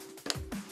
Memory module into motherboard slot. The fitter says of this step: voilà vous entendez des petits clips c'est normal c'est que ça c'est bien